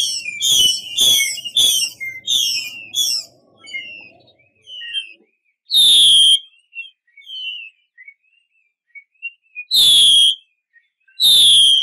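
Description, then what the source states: Chinese hwamei pouring out rapid, loud whistled phrases, then scattered soft chirps and more powerful, ringing whistles after a pause. Female bird; 'mái xùy' call type.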